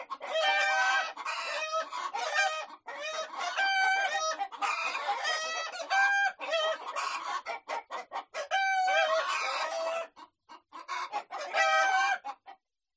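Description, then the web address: Chicken: hens cackle almost without pause, overlapping drawn-out squawks and rapid clucking from several birds. Hens cackling in a henhouse. "las gallinas cacarean en el gallinero"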